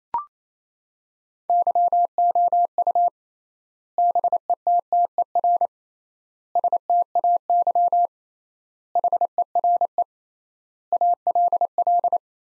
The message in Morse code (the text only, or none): YOU BETTER STAY HERE ALL